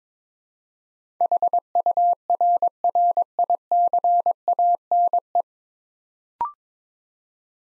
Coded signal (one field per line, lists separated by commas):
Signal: Morse code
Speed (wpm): 22 wpm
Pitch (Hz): 700 Hz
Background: none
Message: HURRICANE